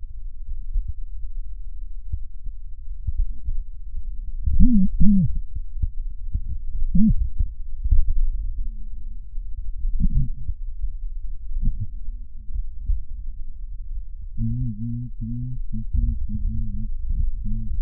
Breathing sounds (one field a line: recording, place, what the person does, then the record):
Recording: lung sounds by stethoscope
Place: right posterior apical chest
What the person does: quiet breathing, then cough and speech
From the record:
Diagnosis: none (healthy)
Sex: male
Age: 35 years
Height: 186 cm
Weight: 108 kg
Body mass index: 31.2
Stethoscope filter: bell mode